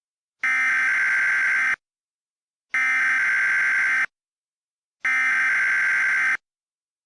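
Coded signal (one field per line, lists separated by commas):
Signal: Emergency Alert System (SAME) tones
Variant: header bursts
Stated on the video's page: Fictional mock emergency alert based on an SCP Wiki story.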